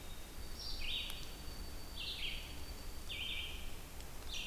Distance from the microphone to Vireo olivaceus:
about 40 m